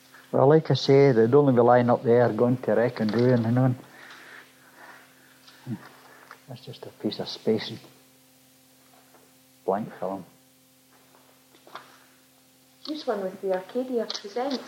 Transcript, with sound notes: Well, like I say, they'd only be lying up there going to rack and ruin you know? [pause] that's just a piece of space with blank film.
Here's one with the "Arcadia presents".